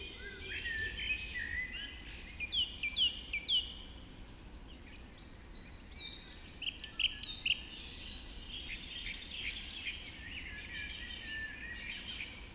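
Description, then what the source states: Chorus of birds at dawn, several singers overlap with repeated sweeping whistles and quick trills, stronger phrases coming in bursts, low steady noise throughout. Dawn chorus recorded just after dawn in the Forest of Dean.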